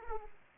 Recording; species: mosquito wingbeat signal from an infrared sensor; Aedes aegypti